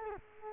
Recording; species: mosquito wingbeat signal from an infrared sensor; Culex quinquefasciatus